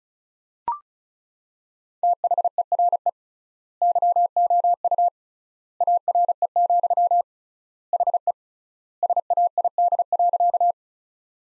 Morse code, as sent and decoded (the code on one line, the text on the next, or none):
- .... . .-. . / -.-- --- ..- / .- .-. . --..-- / .... . / ... .- .. -.. .-.-.-
THERE YOU ARE, HE SAID.